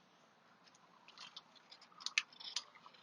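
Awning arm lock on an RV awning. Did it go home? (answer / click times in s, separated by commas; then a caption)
yes / 2.2 s. An awning arm lock on a 2013 Airstream Travel Trailer's RV awning is pushed up and locked into its first position. Soft scraping and small metallic ticks build up, then a sharp click at 2.2 seconds marks the arm locking into place, followed by a brief rattle.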